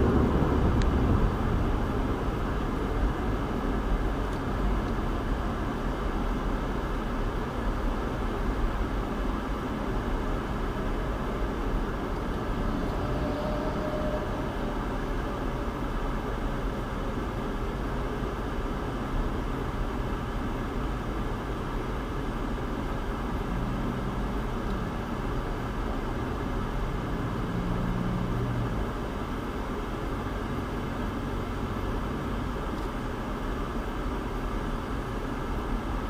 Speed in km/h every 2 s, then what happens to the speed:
74, 63, 53, 50, 42, 39, 27, 26, 26, 26, 24, 24, 24, 23, 23, 23, 23, 23.
0-13 brakes to 26. 13-36 steady at about 24.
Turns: none.